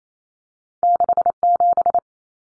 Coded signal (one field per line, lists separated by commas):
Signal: Morse code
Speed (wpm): 28 wpm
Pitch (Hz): 700 Hz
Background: none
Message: 67